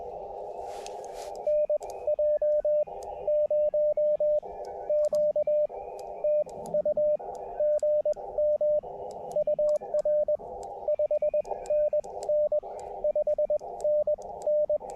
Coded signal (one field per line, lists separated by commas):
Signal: Morse code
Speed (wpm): 21 wpm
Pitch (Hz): 600 Hz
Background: radio noise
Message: NJ0Q TU GM UR 5NN 5NN